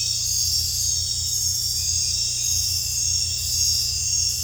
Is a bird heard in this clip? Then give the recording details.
no. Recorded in dense forest near Puerto Asís, Putumayo, Colombia, on 18 December 2024 at 20:30. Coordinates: 0.467, -76.328. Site GP05